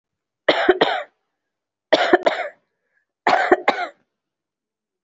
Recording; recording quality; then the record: shallow voluntary cough; excellent, no background noise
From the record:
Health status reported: COVID-19 positive, no symptoms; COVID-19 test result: positive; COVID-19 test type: RT-PCR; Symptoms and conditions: cough, cold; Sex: female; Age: 24 years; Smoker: no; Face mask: worn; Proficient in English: yes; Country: India